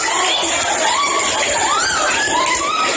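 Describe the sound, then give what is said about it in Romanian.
A crowd of people on the island of Bali, Indonesia, shouting and crying out in panic as they flee their houses during an earthquake. Many overlapping high-pitched voices rise and fall loudly and continuously, with no clear words. “Imagini de pe această insulă au surprins cum oamenii fugeau strigând din casele lor.”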